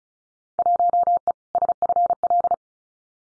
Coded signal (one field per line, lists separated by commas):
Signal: Morse code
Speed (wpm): 34 wpm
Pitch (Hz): 700 Hz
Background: none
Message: 1E SFL